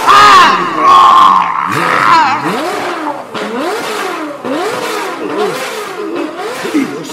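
A car engine revs and accelerates loudly, its pitch climbing and dropping in a series of repeated surges, with a steady higher tone early on and no talking.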